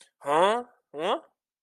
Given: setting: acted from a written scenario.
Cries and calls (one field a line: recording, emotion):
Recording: vocal sound without words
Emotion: negative surprise